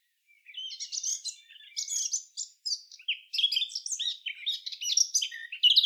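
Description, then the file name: Eurasian blackcap warbling: quick, scratchy high phrases of mixed chirps and short whistles tumbling continuously, growing louder toward the end. "Sylvia atricapilla"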